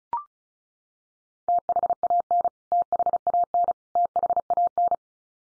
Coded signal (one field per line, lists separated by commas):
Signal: Morse code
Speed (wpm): 34 wpm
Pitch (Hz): 700 Hz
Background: none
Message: THAN THAN THAN